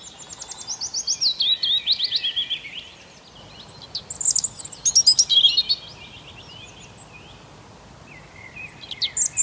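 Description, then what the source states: Birdsong, high chirps and short trills in several loose bursts over a noticeable hiss of background noise. Birds singing on an early spring morning.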